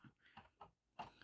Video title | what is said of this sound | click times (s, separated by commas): DC Direct Super Powers Wave 4 by Mcfarlane Toys!!!!!!!! | these parts right here snap into place at the bottom so let me see if I can do that | 1.0 s